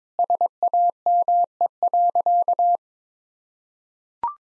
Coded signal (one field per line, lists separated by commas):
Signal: Morse code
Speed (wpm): 22 wpm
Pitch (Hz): 700 Hz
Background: none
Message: SAME.